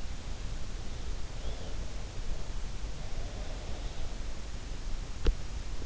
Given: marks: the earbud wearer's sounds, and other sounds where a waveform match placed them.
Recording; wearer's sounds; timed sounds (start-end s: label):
sounds in sleep by an in-ear microphone; breath
1.32-4.26 s: breath